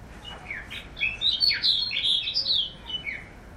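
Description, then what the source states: Snow bunting song, a short warbled phrase of clear whistled and slurred notes rising and falling, lasting about three seconds. Distinct song that can sound a little like a Lapland longspur song.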